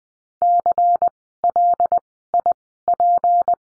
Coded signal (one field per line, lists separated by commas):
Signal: Morse code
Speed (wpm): 20 wpm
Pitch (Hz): 700 Hz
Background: none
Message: CLIP